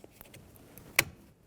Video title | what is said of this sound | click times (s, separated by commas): How to Replace Ignition Switch 2000 2007 Ford Focus | push straight in you should feel it click into place give it a pull back make sure it's locked on | 1.0 s